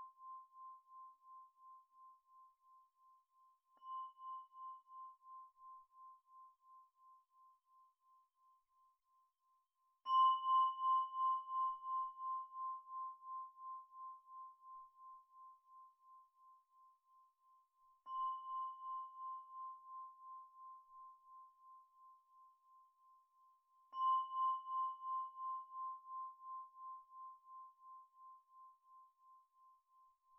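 Antique Tibetan singing bowls are struck one after another, each strike giving a clear ringing tone near 1 kHz with a fainter higher overtone. Strikes land at roughly 4, 10, 18 and 24 seconds, and each ring slowly fades with a gentle pulsing wobble.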